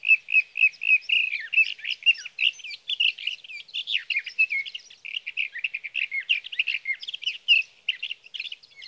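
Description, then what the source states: Sage thrasher singing a continuous rapid warble of varied chirps, trills and slurred whistles, dense and unbroken for the whole stretch. Male singing through the night near his night roost, evenings of June 12 to mornings of June 15, 2018, Sierra Valley, California; recorded with a Swift recorder.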